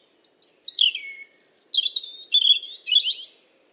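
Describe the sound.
Bird song: one downward-sliding note followed by four quick warbled phrases.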